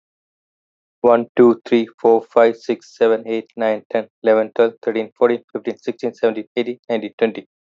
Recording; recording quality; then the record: counting at a fast pace; excellent, no background noise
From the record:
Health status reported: healthy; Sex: male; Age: 38 years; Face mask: not worn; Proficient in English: yes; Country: India